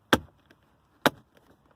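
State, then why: Seated. A gear shift assembly on a Mini Cooper F55, F56, F57, with the knob refitted and the wire attached, is pushed down into the centre console. Two loud, sharp snaps are heard at 0.1 s and 1.1 s, followed by faint small clicks. The assembly is seated and now solid.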